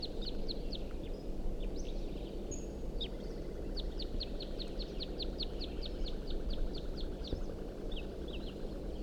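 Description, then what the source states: Red crossbill (type 2): crossbill flight calls, short sharp downslurred chips given in quick runs and scattered bursts, over a steady low rumble of background noise. Type 2 crossbills, several visible at 6:17, some singing and some giving flight calls, near a nest area; a male perched atop a ponderosa pine beside a road.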